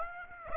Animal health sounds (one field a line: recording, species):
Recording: mosquito wingbeat signal from an infrared sensor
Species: Aedes aegypti